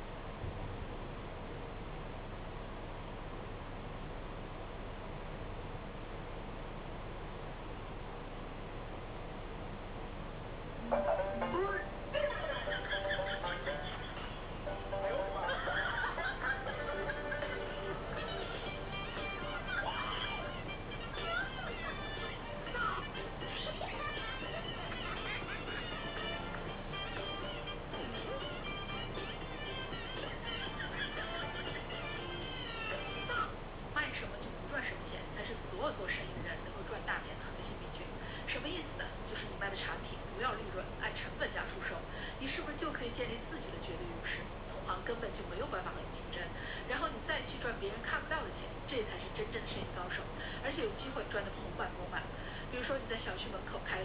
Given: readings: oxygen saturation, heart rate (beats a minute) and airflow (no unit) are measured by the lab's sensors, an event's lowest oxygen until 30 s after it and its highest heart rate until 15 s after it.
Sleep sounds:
a person awake in a sleep study, by a voice recorder at the bedside; none
0.00-54.05 s: awake
From the record:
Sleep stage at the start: awake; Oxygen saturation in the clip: 92 to 95%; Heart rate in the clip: 55 to 71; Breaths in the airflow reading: 18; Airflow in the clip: -6.8 to 6.9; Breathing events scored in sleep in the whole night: 476 in 9.7 hours asleep

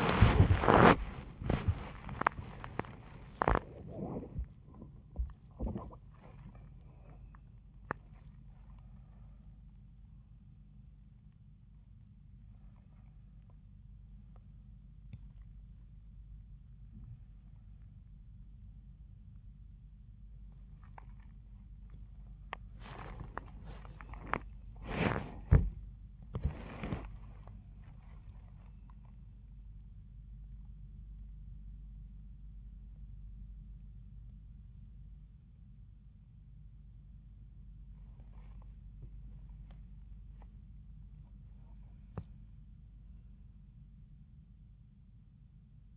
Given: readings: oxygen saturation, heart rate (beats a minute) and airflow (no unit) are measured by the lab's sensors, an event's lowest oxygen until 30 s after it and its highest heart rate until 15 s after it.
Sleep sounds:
a person awake in a sleep study, by a smartphone at the bedside; none
0.00-45.97 s: awake
From the record:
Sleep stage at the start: awake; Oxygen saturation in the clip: 90 to 95%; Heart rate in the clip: 79 to 104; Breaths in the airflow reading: 9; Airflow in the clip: -6.1 to 9.3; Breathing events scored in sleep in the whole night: 400 in 8.7 hours asleep

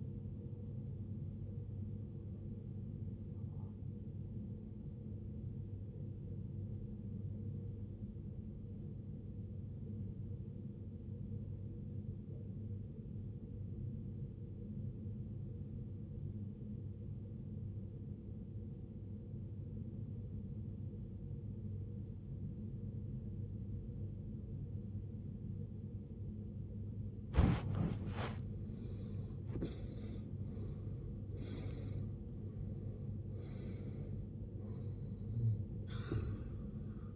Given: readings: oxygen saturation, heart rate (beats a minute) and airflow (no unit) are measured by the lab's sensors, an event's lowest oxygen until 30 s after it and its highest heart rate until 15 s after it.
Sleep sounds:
breathing in sleep by a smartphone at the bedside; 1
5.00-30.40 s: obstructive apnea (REM, oxygen 93% highest, then 77% lowest, heart rate 56 at the start, 81 highest)
26.00-37.16 s: new sleep stage, N1 (lightest sleep)
From the record:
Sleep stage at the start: REM sleep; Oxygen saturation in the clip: 74 to 93%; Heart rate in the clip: 54 to 81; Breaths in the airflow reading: 4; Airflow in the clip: -15.9 to 14.3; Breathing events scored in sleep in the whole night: 389 in 6.3 hours asleep

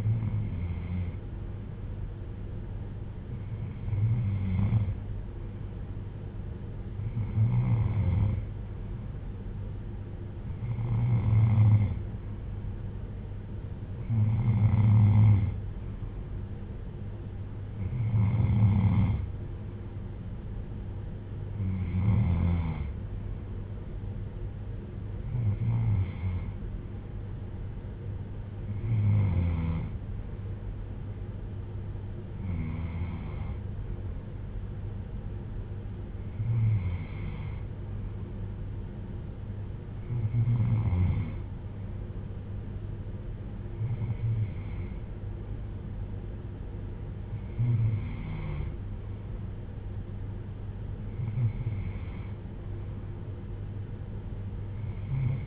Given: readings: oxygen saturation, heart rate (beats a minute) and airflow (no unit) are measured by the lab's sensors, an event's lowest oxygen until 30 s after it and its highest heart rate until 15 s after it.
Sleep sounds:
breathing in sleep by a smartphone at the bedside; none
none scored
From the record:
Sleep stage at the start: N3 (deep sleep); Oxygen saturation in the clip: 94 to 95%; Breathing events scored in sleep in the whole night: 310 in 8.1 hours asleep

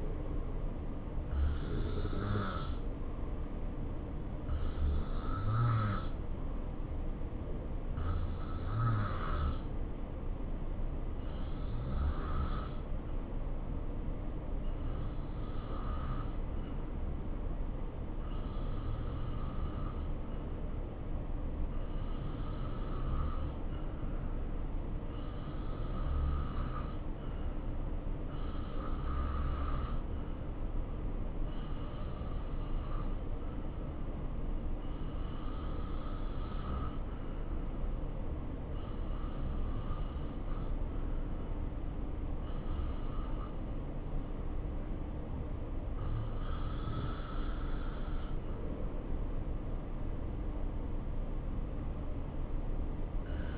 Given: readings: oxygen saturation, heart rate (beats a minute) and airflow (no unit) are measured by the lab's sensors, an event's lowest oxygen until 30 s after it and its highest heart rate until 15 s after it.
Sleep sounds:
breathing in sleep by a smartphone at the bedside; 1
4.00-46.70 s: hypopnea (N2, oxygen 92% highest, then 88% lowest, heart rate 69 at the start, 72 highest)
From the record:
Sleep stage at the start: N2 (light sleep); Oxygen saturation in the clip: 87 to 92%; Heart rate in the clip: 64 to 72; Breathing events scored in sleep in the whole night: 277 in 7.4 hours asleep

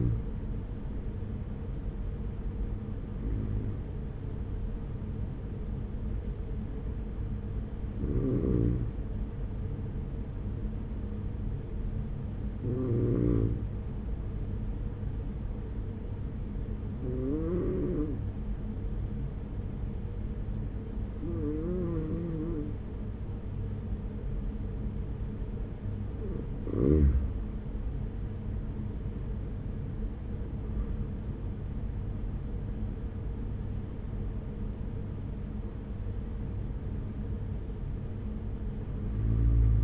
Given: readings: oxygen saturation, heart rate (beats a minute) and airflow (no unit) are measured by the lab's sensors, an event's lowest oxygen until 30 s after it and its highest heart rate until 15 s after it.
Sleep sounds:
breathing in sleep by a smartphone at the bedside; 1
6.00-28.90 s: hypopnea (N1, oxygen 95% highest, then 94% lowest)
From the record:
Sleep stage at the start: N1 (lightest sleep); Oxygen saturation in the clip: 94 to 96%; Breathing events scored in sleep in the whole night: 210 in 6.9 hours asleep

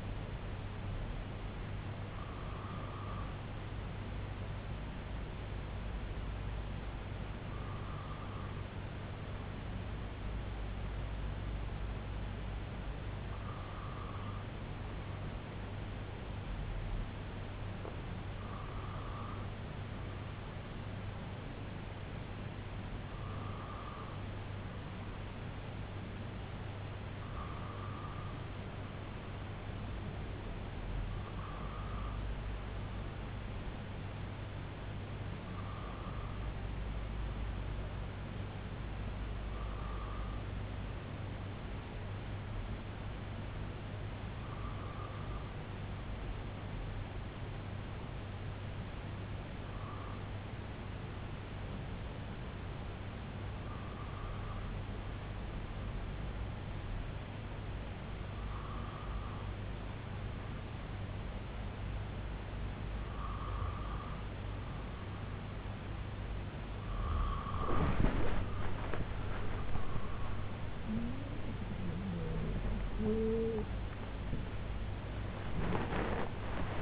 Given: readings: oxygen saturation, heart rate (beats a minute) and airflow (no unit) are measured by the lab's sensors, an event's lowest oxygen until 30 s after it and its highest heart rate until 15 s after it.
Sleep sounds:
breathing in sleep by a voice recorder at the bedside; 1
45.00-70.40 s: hypopnea (N3, oxygen 94% highest, then 93% lowest, heart rate 71 at the start, 99 highest)
70.00-76.82 s: new sleep stage, N1 (lightest sleep)
From the record:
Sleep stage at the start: N3 (deep sleep); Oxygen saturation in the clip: 93 to 94%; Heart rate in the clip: 68 to 94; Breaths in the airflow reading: 15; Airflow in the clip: -11.2 to 10.6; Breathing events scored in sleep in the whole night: 258 in 7.4 hours asleep

